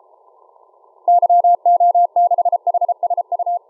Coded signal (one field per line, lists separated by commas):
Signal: Morse code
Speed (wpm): 33 wpm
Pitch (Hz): 700 Hz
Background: none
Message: YO6HSU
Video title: Morse Code Decoded using Sorcerer on HD SDR ~ 13/07/2019